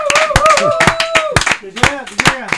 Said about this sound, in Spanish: Un aplauso para todos, cabrones.